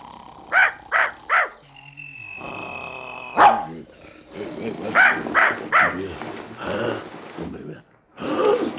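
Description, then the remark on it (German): A dog, Idefix, lets out three quick, sharp barks at night in the Gaulish village, then a brief lull with other sounds. Later, another burst of three barks and some growling mixes with people talking and commotion, as many people prowl around a hut holding a pot of magic potion. “ist mein Idefix nicht ein hervorragender Wachhund?”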